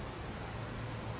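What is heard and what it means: A small clicker (drag-sound) plate is being fitted by hand into its locating slot inside a VALAC fishing reel. Only a steady, broadband noise with a low hum near 100 Hz is heard, with no distinct hits. Nothing has seated or clicked yet.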